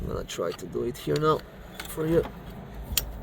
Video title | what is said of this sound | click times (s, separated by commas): Ford Focus - HOW TO RECHARGE / REFILL A/C AIR CONDITIONING BY YOURSELF | You will hear a click, and that's it. | 3.0 s